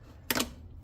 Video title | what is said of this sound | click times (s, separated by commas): Whirlpool 2 In 1 Removable Agitator Washer Not Agitating! | slots are in the hole, we're just going to turn it counterclockwise, and it should just click into place. | 0.3 s